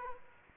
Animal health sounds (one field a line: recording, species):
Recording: mosquito wingbeat signal from an infrared sensor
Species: Aedes aegypti